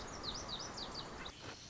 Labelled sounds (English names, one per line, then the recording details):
Lazuli Bunting
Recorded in Sonoma County, California